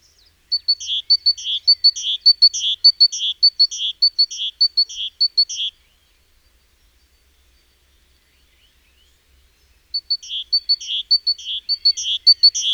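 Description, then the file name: Great tit calling in two bouts of rapid alternating thin whistles and scratchy churrs, with a few seconds of silence between them. "Parus major"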